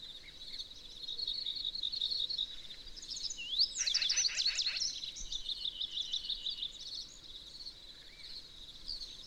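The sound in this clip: Bird song partly masked by steady hiss: high twittering builds to a loud sweeping phrase with quick ticking notes, then softer chatter resumes.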